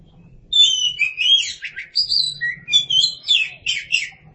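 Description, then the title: Oriental magpie-robin singing a varied phrase of clear whistles and scratchy twittering notes, starting after a brief quiet moment and continuing in quick bursts. Chirping song. "Suara Kicauan Burung Kacer"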